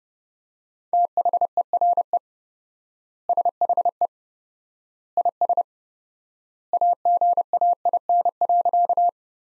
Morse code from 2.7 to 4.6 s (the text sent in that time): SHE